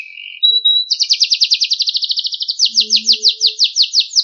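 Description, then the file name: Canary singing: a short steady whistle, then a long rapid trill of repeated high notes that climbs slightly in pitch over about three seconds. Sekar Jagad variety of canary. "audio kenari sekar jagad. omkicau"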